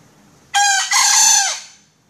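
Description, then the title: Junglefowl giving a single raspy, crow-like call in two sections, with a brief break and a falling tail. Little else is heard around it. Female. "Suara Ayam Hutan Betina"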